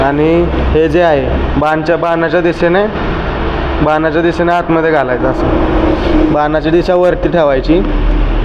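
A charger plug is being handled at the charging socket of an electric moped (E-Luna), with its pin lined up to go in with the arrow facing up. Someone talks throughout over a steady low hum. Nothing has seated or clicked yet.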